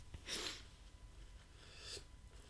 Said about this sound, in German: Ich muss mir mal ganz kurz die Nase putzen.